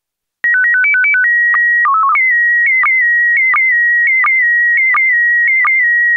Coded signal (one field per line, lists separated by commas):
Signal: SSTV (slow-scan television)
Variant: PD 90